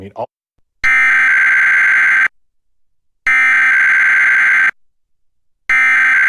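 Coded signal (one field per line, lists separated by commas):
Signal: Emergency Alert System (SAME) tones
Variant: header bursts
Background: speech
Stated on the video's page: Required weekly EAS test relayed by a digital TV subchannel, recorded with a digital tuner and recorder.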